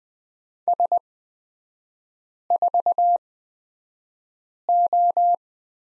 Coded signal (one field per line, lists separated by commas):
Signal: Morse code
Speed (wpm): 20 wpm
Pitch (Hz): 700 Hz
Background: none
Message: S4O